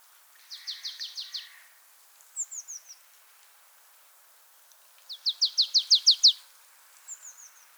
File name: Poecile palustris